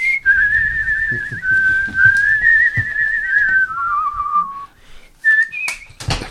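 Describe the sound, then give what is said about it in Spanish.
A loud, sustained whistled melody with wavering vibrato, long held notes gliding gradually downward like a western film theme, then a pause and a few short, higher whistled notes over a low background rumble. The whistler is from Aragón and did the whistling in The Good, the Bad and the Ugly. “En el bueno, el feo y el malo fue el que hizo el silbido.”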